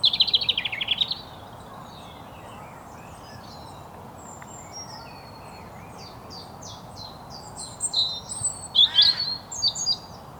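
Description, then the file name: European robin song: a rapid high trill opens, then a long pause with faint high notes, followed by a burst of sharp, tinkling varied notes; constant background hiss. "Erithacus rubecula"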